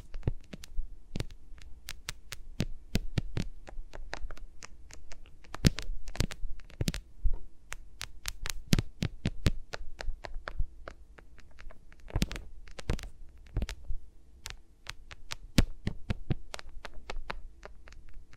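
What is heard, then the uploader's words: Fingers rub and tap around microphones, making sharp, dry clicks and crackles that come in irregular clusters, densest around five to seven seconds and again near twelve to thirteen. Beneath the tapping runs a steady low hum, with no voice heard. ASMR with Mics Around My Fingers (No Talking).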